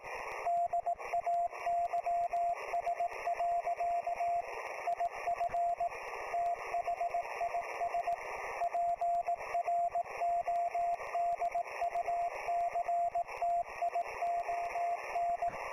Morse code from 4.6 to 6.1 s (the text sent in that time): IF